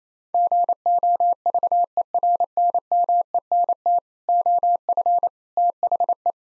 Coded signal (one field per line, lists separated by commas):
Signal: Morse code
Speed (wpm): 27 wpm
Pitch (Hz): 700 Hz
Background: none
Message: GOVERNMENT OF THE